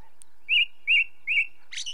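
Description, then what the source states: Ring ouzel song: three loud, clear piping notes about 0.4 seconds apart, then a brief scratchy burst at the end. Song; British Isles.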